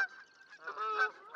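Canada goose giving a drawn-out nasal call, then a louder honk with rich harmonics near the end.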